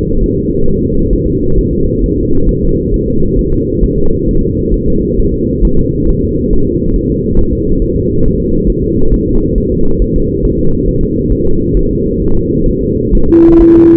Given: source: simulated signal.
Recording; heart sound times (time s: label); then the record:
fetal heart sounds
0.24 s: S1
0.38 s: S2
0.68 s: S1
0.82 s: S2
1.13 s: S1
1.27 s: S2
1.58 s: S1
1.73 s: S2
2.04 s: S1
2.18 s: S2
2.49 s: S1
2.63 s: S2
2.94 s: S1
3.08 s: S2
3.39 s: S1
3.53 s: S2
3.83 s: S1
3.98 s: S2
4.29 s: S1
4.43 s: S2
4.74 s: S1
4.88 s: S2
5.20 s: S1
5.34 s: S2
5.65 s: S1
5.79 s: S2
6.09 s: S1
6.23 s: S2
6.53 s: S1
6.67 s: S2
6.96 s: S1
7.10 s: S2
7.39 s: S1
7.53 s: S2
7.82 s: S1
7.96 s: S2
8.26 s: S1
8.40 s: S2
8.70 s: S1
8.84 s: S2
9.14 s: S1
9.28 s: S2
9.58 s: S1
9.72 s: S2
10.02 s: S1
10.16 s: S2
10.45 s: S1
10.59 s: S2
10.89 s: S1
11.03 s: S2
11.32 s: S1
11.47 s: S2
11.77 s: S1
11.91 s: S2
12.22 s: S1
12.36 s: S2
12.69 s: S1
12.83 s: S2
13.15 s: S1
13.29 s: S2
13.61 s: S1
13.75 s: S2
From the record:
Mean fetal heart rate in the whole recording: 135 bpm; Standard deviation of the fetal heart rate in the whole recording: 3 bpm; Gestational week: 36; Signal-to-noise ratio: -17.7 dB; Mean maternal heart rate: 72 bpm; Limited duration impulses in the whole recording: present